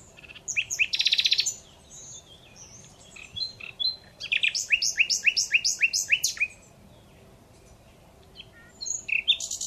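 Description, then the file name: Common Nightingale singing rich phrases, a dense rattling burst, then a fast series of evenly repeated clicking notes and whistled slides, a short pause, then song resumes. "Luscinia megarhynchos"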